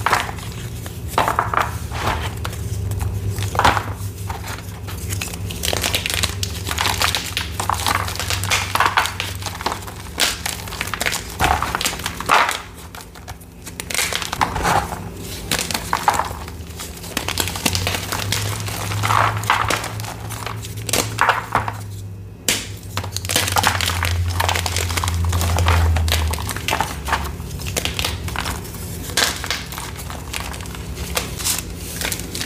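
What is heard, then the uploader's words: A rolling pin crushes and mixes cornstarch into a thick paste, giving dense, gritty crunching and squishing that runs almost without pause. Sharp crackling bursts come every second or so, over a steady low hum. Brief pauses fall near 13 and 22 seconds. Cornstarch, Rolling Pin Crushing, Mixing, Reforming Purple Paste.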